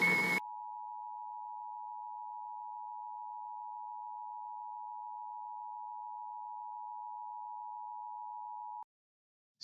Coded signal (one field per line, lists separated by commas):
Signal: Emergency Alert System (SAME) tones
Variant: 853 and 960 Hz attention tone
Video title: LIVE AM/MW DX: DX Central Live - S. 4, Ep. 8 | Friday, March 1, 2024